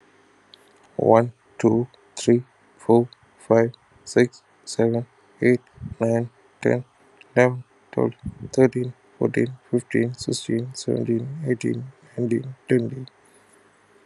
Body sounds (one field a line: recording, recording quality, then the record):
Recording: counting at a normal pace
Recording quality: excellent, no background noise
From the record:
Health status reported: healthy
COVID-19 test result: negative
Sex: male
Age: 30 years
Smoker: yes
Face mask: not worn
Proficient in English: yes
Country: India